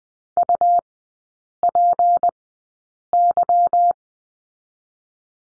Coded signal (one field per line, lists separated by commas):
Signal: Morse code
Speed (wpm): 20 wpm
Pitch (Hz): 700 Hz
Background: none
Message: UPY